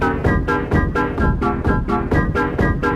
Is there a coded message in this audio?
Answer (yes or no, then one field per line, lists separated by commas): no